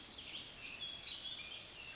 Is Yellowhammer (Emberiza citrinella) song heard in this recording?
no